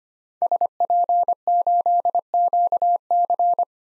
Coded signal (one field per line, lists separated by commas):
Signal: Morse code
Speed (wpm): 25 wpm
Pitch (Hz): 700 Hz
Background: none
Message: SP8QC